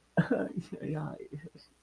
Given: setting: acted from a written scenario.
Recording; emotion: vocal sound without words; distress